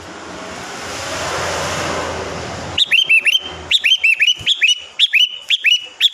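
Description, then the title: Sooty-headed bulbul song: after a few seconds of steady hiss, bright whistled phrases of four or five quick rising and falling notes repeat in close succession. "Kutilang"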